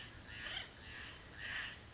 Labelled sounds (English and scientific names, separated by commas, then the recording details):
Acorn Woodpecker (Melanerpes formicivorus)
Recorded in Sonoma County, California